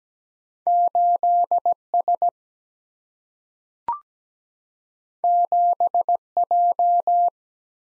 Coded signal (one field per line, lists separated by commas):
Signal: Morse code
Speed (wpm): 17 wpm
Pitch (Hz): 700 Hz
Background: none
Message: 8 S 7 J